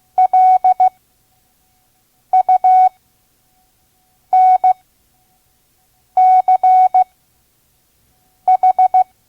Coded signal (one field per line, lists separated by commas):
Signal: Morse code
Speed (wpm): 16 wpm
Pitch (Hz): 740 Hz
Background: none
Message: LUNCH